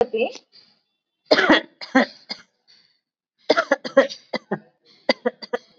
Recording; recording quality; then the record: shallow voluntary cough; excellent, no background noise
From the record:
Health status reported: COVID-19 positive, mild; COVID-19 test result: positive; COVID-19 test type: RT-PCR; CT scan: not taken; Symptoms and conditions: cough, sore throat, fever, fatigue, muscle pain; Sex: female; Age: 36 years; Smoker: no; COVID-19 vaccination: both doses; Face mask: not worn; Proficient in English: yes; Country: India